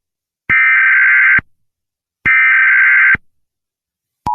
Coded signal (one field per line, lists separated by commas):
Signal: Emergency Alert System (SAME) tones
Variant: header bursts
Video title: EAS Scenario || THE FOG IS COMING